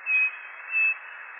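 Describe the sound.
Bird song: two quick high whistled notes in succession against a steady hiss.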